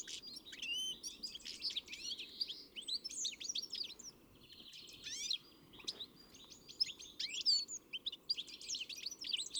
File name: Chloris chloris